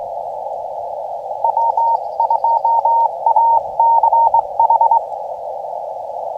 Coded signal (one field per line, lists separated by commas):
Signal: Morse code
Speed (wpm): 22 wpm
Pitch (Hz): 920 Hz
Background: radio noise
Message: W2ACH